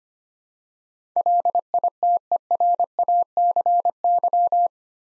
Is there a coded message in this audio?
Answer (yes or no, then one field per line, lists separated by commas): yes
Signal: Morse code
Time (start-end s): 1.2-4.7 s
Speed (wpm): 25 wpm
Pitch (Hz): 700 Hz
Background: none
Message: LITERACY